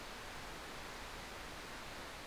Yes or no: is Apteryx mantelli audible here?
no